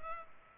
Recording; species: mosquito wingbeat signal from an infrared sensor; Culex pipiens